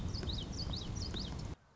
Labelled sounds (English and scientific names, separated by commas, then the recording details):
Common Yellowthroat (Geothlypis trichas)
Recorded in Sonoma County, California